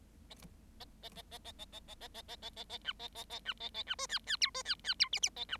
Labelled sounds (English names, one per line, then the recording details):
Bengalese Finch song
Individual Bird7